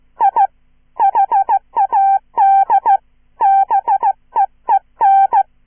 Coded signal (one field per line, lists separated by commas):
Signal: Morse code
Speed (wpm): 15 wpm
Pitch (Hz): 790 Hz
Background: none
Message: I HAD BEEN